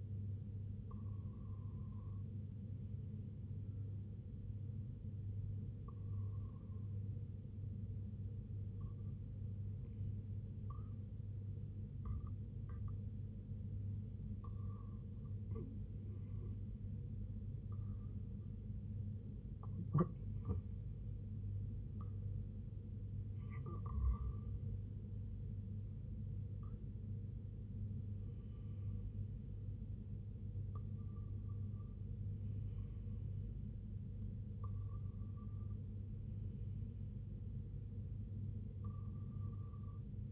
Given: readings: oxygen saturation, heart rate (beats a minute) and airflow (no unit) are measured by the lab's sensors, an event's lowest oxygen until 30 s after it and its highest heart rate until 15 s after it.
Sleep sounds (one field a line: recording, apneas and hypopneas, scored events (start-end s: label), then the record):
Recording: breathing in sleep by a smartphone at the bedside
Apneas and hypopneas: none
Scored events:
none scored
From the record:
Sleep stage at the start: REM sleep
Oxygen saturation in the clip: 94 to 96%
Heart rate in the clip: 71 to 87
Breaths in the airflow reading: 10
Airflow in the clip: -4.1 to 3.0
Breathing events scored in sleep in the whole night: 258 in 7.4 hours asleep